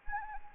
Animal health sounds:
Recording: mosquito wingbeat signal from an infrared sensor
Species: Anopheles arabiensis

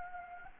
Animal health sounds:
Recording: mosquito wingbeat signal from an infrared sensor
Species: Anopheles gambiae

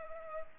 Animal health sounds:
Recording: mosquito wingbeat signal from an infrared sensor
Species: Culex pipiens

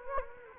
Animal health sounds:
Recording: mosquito wingbeat signal from an infrared sensor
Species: Anopheles gambiae

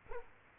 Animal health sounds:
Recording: mosquito wingbeat signal from an infrared sensor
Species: Culex quinquefasciatus

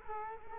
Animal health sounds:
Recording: mosquito wingbeat signal from an infrared sensor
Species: Culex quinquefasciatus

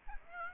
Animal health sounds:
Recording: mosquito wingbeat signal from an infrared sensor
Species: Aedes aegypti

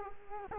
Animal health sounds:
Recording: mosquito wingbeat signal from an infrared sensor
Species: Culex quinquefasciatus

